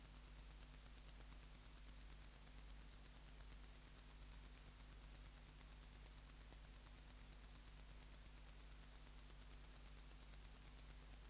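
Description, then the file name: Wart-biter bush-cricket song: an unbroken series of dry, high clicks at an even rapid pace throughout, several per second, over a quiet low background hum. "Decticus verrucivorus"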